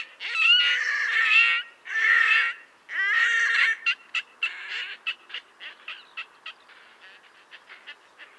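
Red-necked grebe giving three long, harsh, nasal wails with strong harmonics, followed by a run of short, clipped chattering notes that fade gradually.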